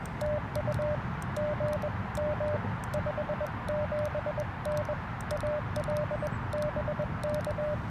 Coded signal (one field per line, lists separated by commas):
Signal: Morse code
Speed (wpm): 22 wpm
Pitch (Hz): 590 Hz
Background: none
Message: TU GM 57N AL BK